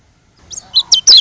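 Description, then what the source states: White-eye chirps: a brief burst of short, high, sharp notes, three or four in quick succession within a second, the final ones loudest. Lombok.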